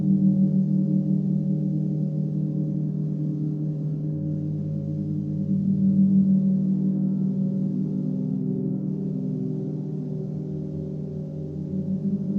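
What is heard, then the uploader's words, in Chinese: A gong bath: deep, sustained gong tones hum and shimmer continuously, with a low rumbling core and layered ringing overtones above it. The wash swells gently around six seconds and again near the end, staying dense and dark throughout. 銅鑼浴。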